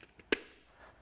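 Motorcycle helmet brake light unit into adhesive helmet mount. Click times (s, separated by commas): 0.3 s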